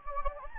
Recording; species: mosquito wingbeat signal from an infrared sensor; Anopheles gambiae